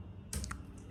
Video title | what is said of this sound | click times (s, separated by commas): Unboxing video of Ring light with stand and tripod!! Ulanzi tripod Review !! | इसको आप ऐसे कर दिए, लॉक हो गया। | 0.3 s